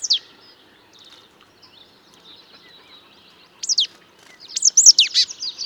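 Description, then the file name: Marsh tit calls: a sharp downslurred note at the start, then after a quiet stretch, a few loud high notes that sweep steeply down. "Poecile palustris"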